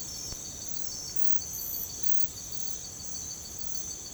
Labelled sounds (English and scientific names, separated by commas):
none